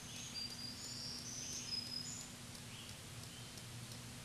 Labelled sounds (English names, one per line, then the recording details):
Black-throated Green Warbler song
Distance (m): 25 m
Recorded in a Pennsylvania forest on 1 June 2023 at 08:59
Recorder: AudioMoth, point grid3_38_low
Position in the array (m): 228 m, 184 m